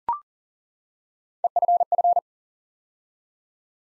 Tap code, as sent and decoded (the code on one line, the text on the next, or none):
none